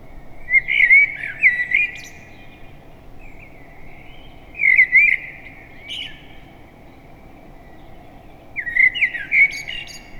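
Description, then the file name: Common blackbird song: rich, looping fluted phrases repeated roughly every four seconds, three in all, with a faint steady hum beneath. "Turdus merula"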